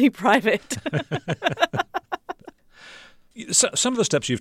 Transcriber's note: laughter